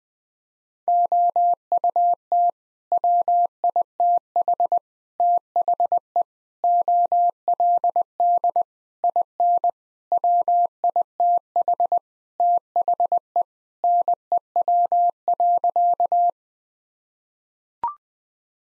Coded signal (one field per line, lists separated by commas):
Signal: Morse code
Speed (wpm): 19 wpm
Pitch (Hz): 700 Hz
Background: none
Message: OUT WITH THE OLD IN WITH THE NEW.